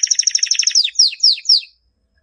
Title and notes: Suara Burung Kenari Masteran. master suara burung kenari mantap